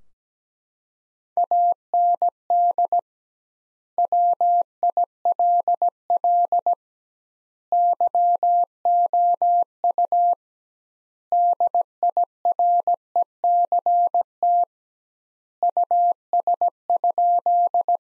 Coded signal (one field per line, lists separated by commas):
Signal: Morse code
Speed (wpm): 17 wpm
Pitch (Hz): 700 Hz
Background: none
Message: AND WILL YOU DIRECT US?